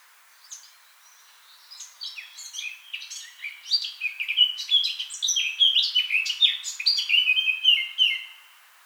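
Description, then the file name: Eurasian blackcap song begins quietly with twittering notes and swells into a loud, varied, whistled warble with sharp accents. "Sylvia atricapilla"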